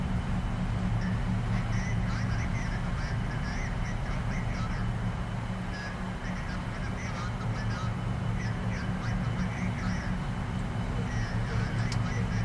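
Inside a shuttle cabin, a steady, dense low hum of machinery drones without pause for the whole clip. Over it, clusters of faint, high chirping and chattering blips come in short bursts, roughly every few seconds.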